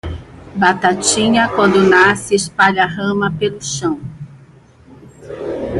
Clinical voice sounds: short text; Brazilian Portuguese; female; 50 to 59 years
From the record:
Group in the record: control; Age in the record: 56 years

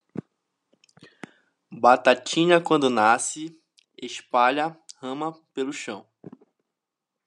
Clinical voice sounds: short text; Brazilian Portuguese; male; 20 to 29 years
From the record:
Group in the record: control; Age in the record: 27 years

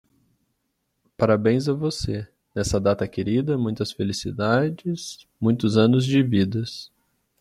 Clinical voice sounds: short text; Brazilian Portuguese; male; 30 to 39 years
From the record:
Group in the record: control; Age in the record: 33 years

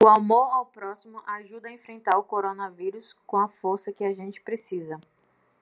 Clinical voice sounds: spoken sentence; Brazilian Portuguese; female; 20 to 29 years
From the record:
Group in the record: control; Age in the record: 26 years

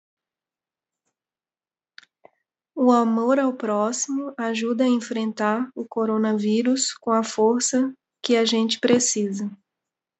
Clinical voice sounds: spoken sentence; Brazilian Portuguese; female; 30 to 39 years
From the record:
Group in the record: control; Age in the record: 32 years

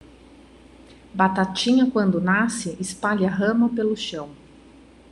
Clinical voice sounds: short text; Brazilian Portuguese; female; 30 to 39 years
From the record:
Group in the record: control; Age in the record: 33 years

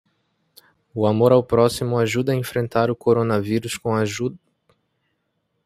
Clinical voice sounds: spoken sentence; Brazilian Portuguese; male; 20 to 29 years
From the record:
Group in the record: control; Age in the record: 24 years

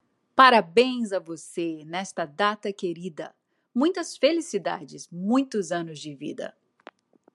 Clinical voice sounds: short text; Brazilian Portuguese; female; 40 to 49 years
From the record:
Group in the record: control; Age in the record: 47 years

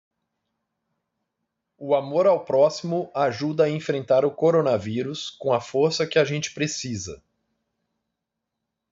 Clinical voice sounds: spoken sentence; Brazilian Portuguese; male; 40 to 49 years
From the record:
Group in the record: control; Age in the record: 46 years

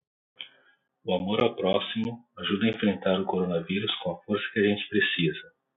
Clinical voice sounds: spoken sentence; Brazilian Portuguese; male; 40 to 49 years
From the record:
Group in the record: control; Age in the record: 46 years

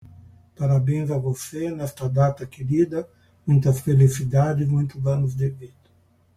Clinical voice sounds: short text; Brazilian Portuguese; male; 60 to 69 years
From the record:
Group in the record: control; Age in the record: 64 years

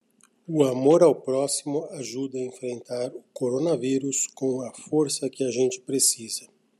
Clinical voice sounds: spoken sentence; Brazilian Portuguese; male; 50 to 59 years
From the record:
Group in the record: control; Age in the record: 53 years

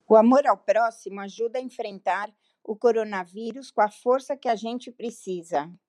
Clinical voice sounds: spoken sentence; Brazilian Portuguese; female; 60 to 69 years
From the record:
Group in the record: control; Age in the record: 63 years

